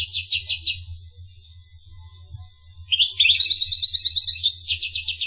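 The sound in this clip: Finch song: a fast trill, a thin sustained whistle, then a twittering burst and another trill, over a low constant hum.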